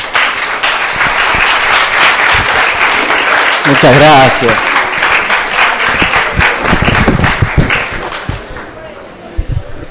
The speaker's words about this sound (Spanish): Un aplauso.